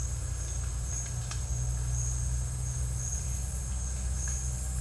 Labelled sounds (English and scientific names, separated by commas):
none